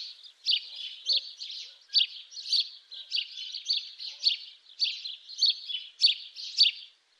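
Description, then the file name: House sparrow chirping, a steady run of bright, harsh chirps repeated almost twice a second, with no other clear sounds. "Domovyj vorobej Passer domesticus"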